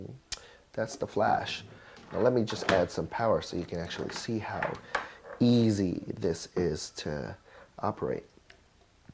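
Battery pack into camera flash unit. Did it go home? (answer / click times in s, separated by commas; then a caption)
no / none. Someone talks while handling a battery pack and bringing it toward a Cheetah Light CL180 camera flash unit to power it, with a couple of faint, brief handling clicks. The clip ends before the battery pack goes in; nothing has seated or snapped into place yet.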